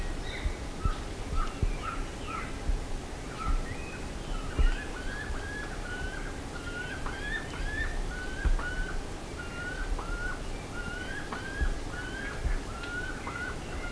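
Bird calls: repeated short whistled notes with upward hooks, several callers overlapping in a continuous stream over a low hum.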